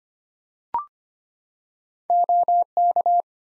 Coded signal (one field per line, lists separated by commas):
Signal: Morse code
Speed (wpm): 25 wpm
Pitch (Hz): 700 Hz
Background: none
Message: OK